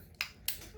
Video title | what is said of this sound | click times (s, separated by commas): Fixing a stuck Czech RPG-SK-75 Inert Trainer | There we go. It just pops right in there. | 0.2 s, 0.5 s